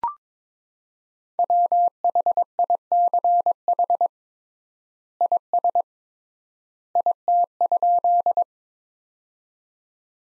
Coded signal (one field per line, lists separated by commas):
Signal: Morse code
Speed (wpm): 21 wpm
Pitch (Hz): 700 Hz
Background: none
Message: WHICH IS IT?